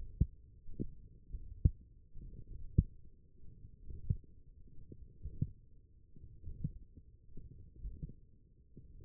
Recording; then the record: forearm muscle sounds (acoustic myography)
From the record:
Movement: ulnar deviation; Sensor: system 1, eight BSWA MPA416 microphones around the upper forearm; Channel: 5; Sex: male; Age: 42 years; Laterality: right